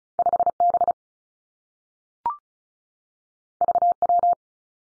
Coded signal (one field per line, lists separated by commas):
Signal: Morse code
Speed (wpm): 36 wpm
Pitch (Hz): 700 Hz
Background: none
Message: 5 B V W